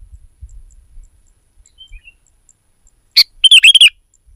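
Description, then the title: Sooty-headed bulbul uttering one sharp click followed by a brief bubbly phrase, with faint low thumps beforehand. "kutilang"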